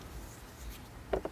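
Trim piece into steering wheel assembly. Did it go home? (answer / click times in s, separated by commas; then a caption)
no / none. A plastic trim piece is handled and pressed toward its clips on a BMW F10 M5 M Performance steering wheel assembly during installation. Quiet handling noise is followed by two brief, soft knocks near 1.1 and 1.3 seconds. Nothing has seated or clicked yet.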